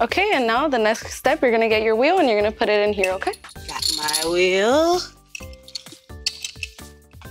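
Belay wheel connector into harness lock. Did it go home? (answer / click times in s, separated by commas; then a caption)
no / none. Someone talks in a sing-song voice over music, then brief metallic clinks and rattles come as the metal wheel connector of a climbing-wall belay is handled toward the harness lock. Nothing has seated or clicked yet.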